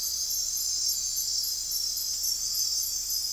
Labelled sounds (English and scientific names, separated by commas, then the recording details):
none
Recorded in dense forest near Puerto Asís, Putumayo, Colombia, on 13 March 2025 at 01:30
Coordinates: 0.503, -76.323
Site GP09